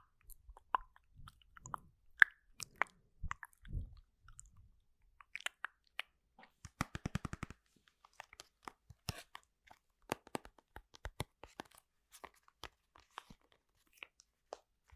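Household objects being handled make a string of sharp clicks, crackles and small snaps, scattered irregularly through the clip. Near the start come a few low thumps, and around seven seconds a quick burst of rapid ticking rattles briefly. Quiet gaps separate many hits.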